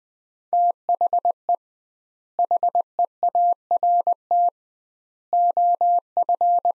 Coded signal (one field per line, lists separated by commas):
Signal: Morse code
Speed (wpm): 20 wpm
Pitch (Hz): 700 Hz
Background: none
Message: THE HEART OF